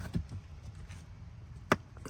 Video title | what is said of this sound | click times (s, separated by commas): LASFIT Custom Floor Mat Liners BMW X3 G01 | there we go and there we go clicked in and it comes all the way up to the the trim so | 1.7 s